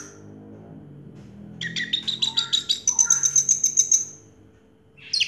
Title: Anis Merah Macet.. Pancing Dengan Suara Ini.. # Anis Merah